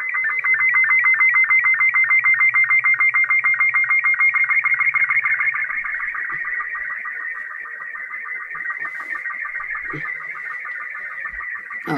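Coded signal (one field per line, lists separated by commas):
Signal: SSTV (slow-scan television)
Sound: fast warbling tones repeating in a steady rhythm, with regular lower blips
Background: low hum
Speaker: send this picture here from outrun so I'm going to send that now with again using the microphone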